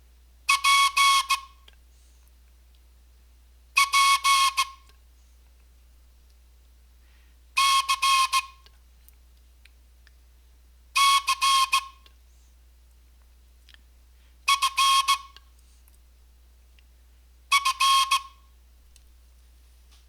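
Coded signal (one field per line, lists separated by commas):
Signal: Morse code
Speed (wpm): 16 wpm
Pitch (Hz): 1090 Hz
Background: none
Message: PPCCFF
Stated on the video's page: Morse code instructional lesson for Scout groups and cadets.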